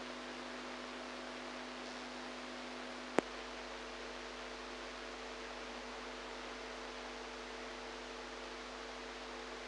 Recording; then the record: brain microelectrode recording played as sound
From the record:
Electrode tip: outside the subthalamic nucleus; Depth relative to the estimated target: 0 mm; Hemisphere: right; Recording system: NeuroSet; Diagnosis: Parkinson's disease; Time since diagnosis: 8 years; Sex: female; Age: 45 years